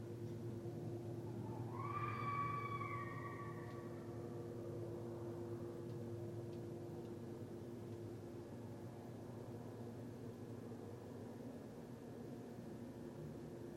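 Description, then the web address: Red fox call, a single harmonic cry that rises, holds briefly and then drops, over a steady low hum. Recorded on 17 December 2011. "Red Fox 2011 12 17 Red Fox 02"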